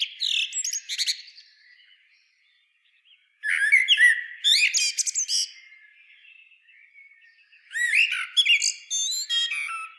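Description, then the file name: Common blackbird song, three phrases of low whistled notes with piercing high twitters, separated by quieter gaps. "Turdus merula"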